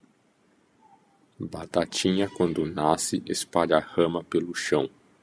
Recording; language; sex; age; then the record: short text; Brazilian Portuguese; male; 30 to 39 years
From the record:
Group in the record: control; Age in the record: 39 years